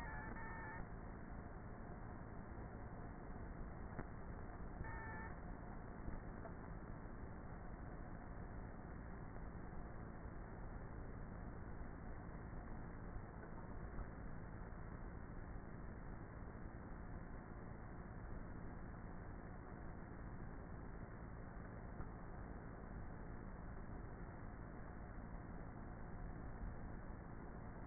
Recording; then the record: honeybee colony, microphone inside the hive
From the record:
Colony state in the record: queenless with a low population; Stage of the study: before two queens were removed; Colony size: about 30,000 bees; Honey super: no